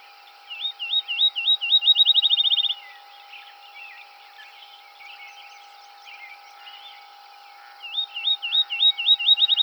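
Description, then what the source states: Field sparrow singing high slurred whistles that accelerate into a rapid trill, then faint scattered chirps before another song begins. Recorded 7 July 2007.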